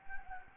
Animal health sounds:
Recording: mosquito wingbeat signal from an infrared sensor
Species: Anopheles gambiae

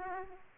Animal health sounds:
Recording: mosquito wingbeat signal from an infrared sensor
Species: Aedes aegypti

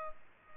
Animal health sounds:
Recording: mosquito wingbeat signal from an infrared sensor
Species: Culex pipiens

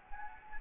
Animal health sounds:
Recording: mosquito wingbeat signal from an infrared sensor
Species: Anopheles gambiae

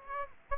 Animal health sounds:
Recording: mosquito wingbeat signal from an infrared sensor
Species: Aedes aegypti

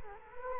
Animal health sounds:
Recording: mosquito wingbeat signal from an infrared sensor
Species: Culex quinquefasciatus

